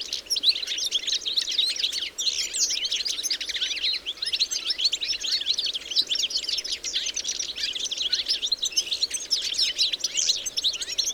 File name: Carduelis carduelis